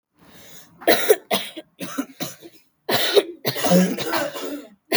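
An adult gives two runs of harsh, noisy coughs, about six bursts in five seconds, with a brief pause between runs and a longer rasping final burst. A plain repeated cough.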